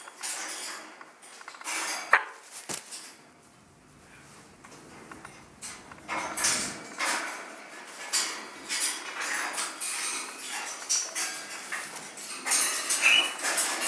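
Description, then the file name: Scarlet macaw chicks begging: harsh, raspy squawks in irregular bursts, quieter in the middle then building again, with light clicking and clattering. Hand-reared chicks from a breeding nursery, being fed. "krasnyi ara ptency vykormysi iz pitomnika"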